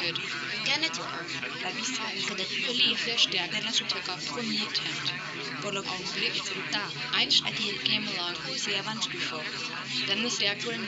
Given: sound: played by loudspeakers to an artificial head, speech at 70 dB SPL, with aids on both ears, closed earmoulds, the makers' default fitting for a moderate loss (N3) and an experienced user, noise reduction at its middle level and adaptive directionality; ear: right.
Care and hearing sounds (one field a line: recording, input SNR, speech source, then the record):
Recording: speech test signal (ISTS) in cocktail-party noise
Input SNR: -3 dB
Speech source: on the right (90 degrees)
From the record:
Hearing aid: class 1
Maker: A